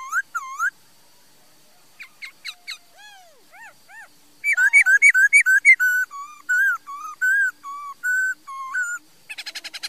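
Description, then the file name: Laughingthrush song: loud, clear whistled notes, some looping and rising, then a fast run of repeated whistles and a short buzzy trill at the end. "Tieng khuou hot"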